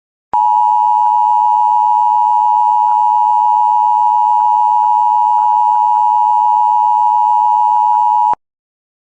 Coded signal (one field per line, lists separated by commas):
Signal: Emergency Alert System (SAME) tones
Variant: 853 and 960 Hz attention tone